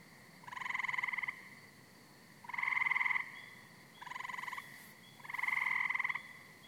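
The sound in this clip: Frog producing four grating, pulsed croaks of varying length, each stopping abruptly.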